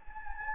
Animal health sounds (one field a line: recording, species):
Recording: mosquito wingbeat signal from an infrared sensor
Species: Anopheles gambiae